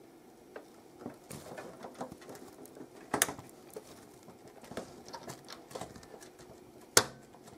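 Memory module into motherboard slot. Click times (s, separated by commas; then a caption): 3.2 s, 7.0 s. A memory module is pressed into its motherboard slot, one end and then the other. Each retaining clip gives a sharp click, at 3.2 s and 7.0 s, over quieter rustling and handling noise. The module seats fully, and it is checked that no pins are visible.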